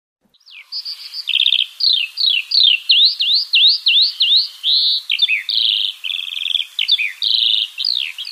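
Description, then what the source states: Eurasian Skylark song, a fast stream of high chirps, downslurred whistles and buzzy trills, notes tumbling several times a second. Played at normal speed, as it sings over a field; the song is very fast.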